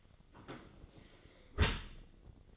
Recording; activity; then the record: daily activity, microphone in the room; close dishwasher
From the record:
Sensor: 4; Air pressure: 1003.9 hPa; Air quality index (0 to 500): 153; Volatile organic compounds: 2 ppm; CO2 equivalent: 1088 ppm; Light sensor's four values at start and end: 22/52/22/23 and 22/53/22/23